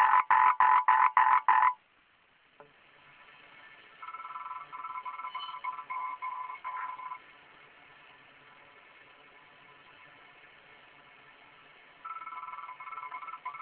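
Frog call: a short burst of loud, evenly spaced raspy pulses, then softer stuttering trills that come and go over the rest.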